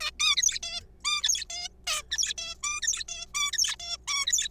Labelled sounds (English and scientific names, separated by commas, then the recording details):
Zebra Finch (Taeniopygia guttata)
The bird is a juvenile
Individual R3428